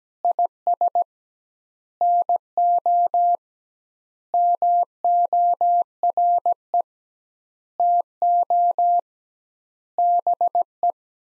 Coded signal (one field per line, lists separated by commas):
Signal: Morse code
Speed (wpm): 17 wpm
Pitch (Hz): 700 Hz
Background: none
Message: IS NO MORE TO BE